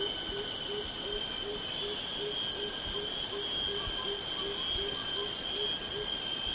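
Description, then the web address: Greater coucal calling a steady run of deep, hollow hoots repeated rapidly and evenly, with continuous shrill insect drones above. Recorded May 2007. "PJGNGLUMUT. greater coucal"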